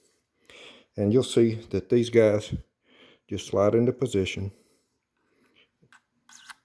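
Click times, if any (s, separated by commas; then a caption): 5.9 s. Someone talks as a 3D-printed resin hinge protection piece slides into position on the antenna hinge of an Autel Evo drone remote controller. A small, sharp snap at 5.9 s marks the piece snapping into place, fully seated.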